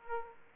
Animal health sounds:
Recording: mosquito wingbeat signal from an infrared sensor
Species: Aedes aegypti

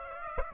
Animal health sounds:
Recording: mosquito wingbeat signal from an infrared sensor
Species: Aedes aegypti

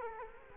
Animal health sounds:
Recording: mosquito wingbeat signal from an infrared sensor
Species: Culex quinquefasciatus

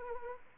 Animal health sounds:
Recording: mosquito wingbeat signal from an infrared sensor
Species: Anopheles arabiensis

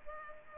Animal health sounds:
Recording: mosquito wingbeat signal from an infrared sensor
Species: Culex pipiens

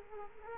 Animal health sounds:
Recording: mosquito wingbeat signal from an infrared sensor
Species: Culex quinquefasciatus

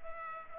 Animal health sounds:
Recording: mosquito wingbeat signal from an infrared sensor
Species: Culex pipiens

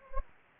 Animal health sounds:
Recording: mosquito wingbeat signal from an infrared sensor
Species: Anopheles gambiae

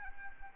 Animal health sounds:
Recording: mosquito wingbeat signal from an infrared sensor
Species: Anopheles arabiensis

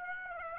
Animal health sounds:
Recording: mosquito wingbeat signal from an infrared sensor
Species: Aedes aegypti

